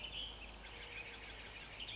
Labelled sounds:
Western Tanager (Piranga ludoviciana)
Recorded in Sonoma County, California

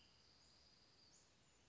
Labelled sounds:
Western Flycatcher (Empidonax difficilis)
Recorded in Sonoma County, California

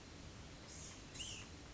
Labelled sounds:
White-breasted Nuthatch (Sitta carolinensis)
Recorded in Sonoma County, California

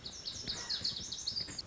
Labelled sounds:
Lazuli Bunting (Passerina amoena)
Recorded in Sonoma County, California

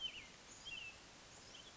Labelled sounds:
Western Tanager (Piranga ludoviciana)
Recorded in Sonoma County, California

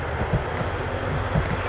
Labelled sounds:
Pacific Wren (Troglodytes pacificus)
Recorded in Sonoma County, California

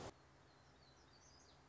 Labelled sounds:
Song Sparrow (Melospiza melodia)
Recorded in Sonoma County, California

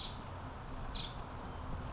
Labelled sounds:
Nuttall's Woodpecker (Dryobates nuttallii)
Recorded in Sonoma County, California

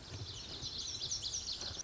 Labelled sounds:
Lazuli Bunting (Passerina amoena)
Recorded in Sonoma County, California

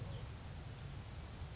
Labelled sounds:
Orange-crowned Warbler (Leiothlypis celata)
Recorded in Sonoma County, California

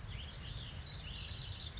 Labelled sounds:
House Wren (Troglodytes aedon)
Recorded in Sonoma County, California

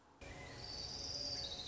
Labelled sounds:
Orange-crowned Warbler (Leiothlypis celata)
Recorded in Sonoma County, California

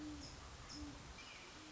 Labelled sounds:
Great Horned Owl (Bubo virginianus)
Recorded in Sonoma County, California

